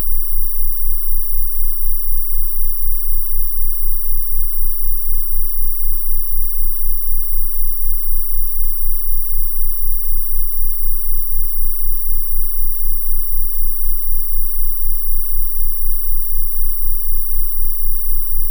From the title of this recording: 15000Hz+19000Hz Sine wave & 15Hz+19Hz Sine wave